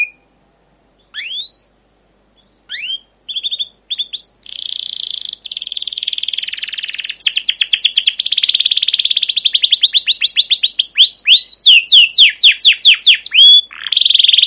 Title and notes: CUIT CUIT NGEROL GACOR PANJANG Kenari Pancingan KENAR. PANCINGAN Kenari GACOR PANJANG Cuit CUIT EMOSI MASTERAN Kenari PAUD belajar BUNYI. burung kenari